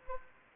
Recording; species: mosquito wingbeat signal from an infrared sensor; Anopheles arabiensis